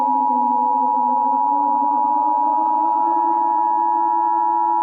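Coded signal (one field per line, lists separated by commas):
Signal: Emergency Alert System (SAME) tones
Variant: 853 and 960 Hz attention tone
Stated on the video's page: Fictional EAS scenario made for entertainment, not for broadcast.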